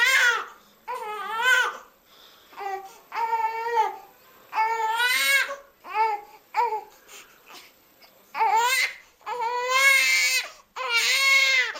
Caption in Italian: Un pianto caratteristico, tipico proprio del bambino dei primi mesi di vita. Il lattantino vuole avere la vicinanza e l'allattamento della mamma. Inizialmente è di bassa intensità e diventa più forte, sempre più ritmico. La caratteristica del pianto per il cibo.